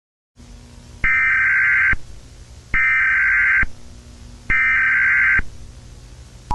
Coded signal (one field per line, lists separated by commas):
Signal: Emergency Alert System (SAME) tones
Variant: header bursts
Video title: EAS Scenario 1: The Washington Rebellion